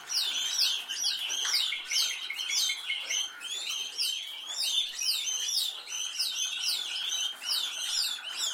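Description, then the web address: Canary song: loud, rapidly repeated downward-sweeping whistled notes over a continuous high buzzy chatter. "Golchin Best Canari Seda Canari. Niyaz Music)"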